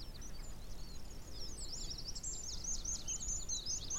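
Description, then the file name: Eurasian wren song: a rapid, high, tumbling stream of sharp notes and trills running without a break, over a steady low rumble of background noise. "Troglodytes troglodytes"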